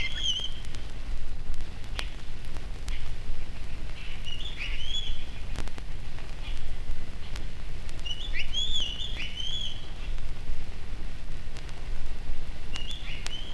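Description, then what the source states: Black-naped oriole song, short fluted whistled phrases repeated every few seconds over a steady low rumble, with scattered clicks. Sikhote-Alin, Russian Far East; near a lake in open, bright forest.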